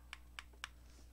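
A smart relay circuit board is pushed fully into the back of the slot in a 3D printed plastic wall light switch body, sized for a snug fit. Three sharp clicks sound at 0.1, 0.4 and 0.6 seconds over a steady low hum. The board seats in the body with a tactile click.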